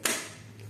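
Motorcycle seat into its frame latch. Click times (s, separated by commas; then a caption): 0.1 s. A motorcycle seat on a 2024 Triumph Street Triple 765 R A2 is slid back into place and pushed down into its frame latch. A sharp click is heard at 0.1 s, followed by a faint second tick around 0.6 s over a low hum. The latch clicks shut and the seat is properly locked.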